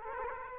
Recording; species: mosquito wingbeat signal from an infrared sensor; Aedes aegypti